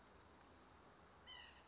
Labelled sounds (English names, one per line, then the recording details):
White-breasted Nuthatch
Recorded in Sonoma County, California